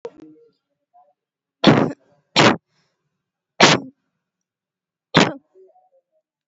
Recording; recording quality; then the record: shallow voluntary cough; moderate, slight background noise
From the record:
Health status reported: COVID-19 positive, no symptoms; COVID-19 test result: positive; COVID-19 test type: RT-PCR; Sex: female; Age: 22 years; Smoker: no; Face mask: not worn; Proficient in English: yes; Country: India